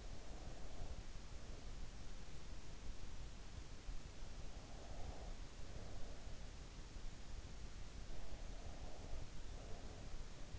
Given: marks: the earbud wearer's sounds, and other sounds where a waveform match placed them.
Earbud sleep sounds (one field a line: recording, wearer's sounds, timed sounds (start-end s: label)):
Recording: sounds in sleep by an in-ear microphone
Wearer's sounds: breath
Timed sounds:
0.00-2.16 s: breath
4.42-6.64 s: breath
8.28-10.59 s: breath